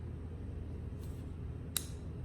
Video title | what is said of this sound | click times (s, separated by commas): 30K Sena -- Motorcycle communication equipment Unboxing | a little click that means you're you're on so now if you get off the bike you put your helmet down if | 1.8 s